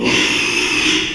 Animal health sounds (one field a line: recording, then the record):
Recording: squeal of a Yucatan mini pig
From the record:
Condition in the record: after surgery on the right vocal fold (resection and tissue-engineered implant)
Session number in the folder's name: 1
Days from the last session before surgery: 6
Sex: male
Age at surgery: 12 weeks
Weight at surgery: 13 kg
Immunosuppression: cyclosporine, prednisolone